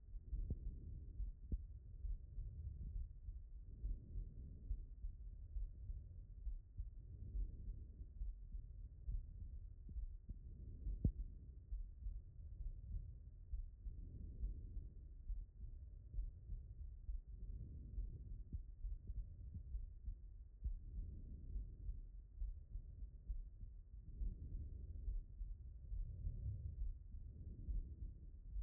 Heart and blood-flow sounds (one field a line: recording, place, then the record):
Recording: heart sounds by stethoscope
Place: pulmonary valve (PV)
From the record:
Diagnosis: non-HFrEF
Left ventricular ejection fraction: 66%